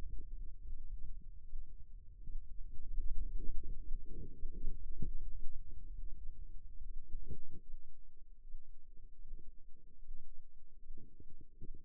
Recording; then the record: forearm muscle sounds (acoustic myography)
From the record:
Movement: radial deviation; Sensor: system 2, bracelet of six BSWA MPA416 microphones around the upper forearm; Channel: 5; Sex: female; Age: 25 years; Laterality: right